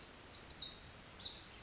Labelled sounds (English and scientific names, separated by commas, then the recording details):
Pacific Wren (Troglodytes pacificus)
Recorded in Sonoma County, California